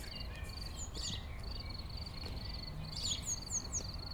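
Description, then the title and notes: Crickets chirping in repeated pulsed bursts, with bright descending bird notes and other birdsong. Crickets in a pasture near Chindrieux, France. "195 Rue de Vars, 73310 Chindrieux, France - Jument enrhumée. Deux juments dans un pâturage , grillons, oiseaux proches et lointains"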